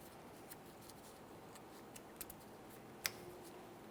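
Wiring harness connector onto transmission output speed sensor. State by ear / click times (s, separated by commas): seated / 3.1 s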